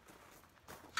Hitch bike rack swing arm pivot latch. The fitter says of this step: it locks in place there and give you plenty of access to get back into your vehicle